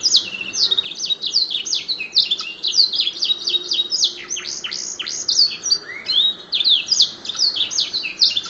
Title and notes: PANCINGAN SUARA MASTERAN KENARI. masteran kicau kenari